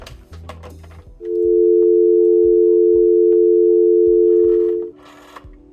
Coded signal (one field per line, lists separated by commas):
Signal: telephone call progress tone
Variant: North America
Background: music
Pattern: dial tone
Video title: Rotary Phone x Raspberry Pi x AI - OpenAI Hackathon Build